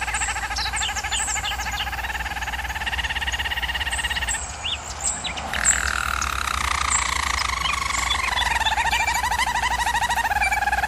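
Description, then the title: German Roller canary singing continuous low rolled trills with rich overtones, a short break, then gently descending rolling phrases. Singing; used for canary training. "German Roller Canary Singing - Canary Training Vid"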